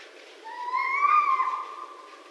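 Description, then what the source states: Red fox: a drawn-out tonal cry with clear overtones, rising slightly in pitch, swelling and then fading within about two seconds. Recorded in 2012.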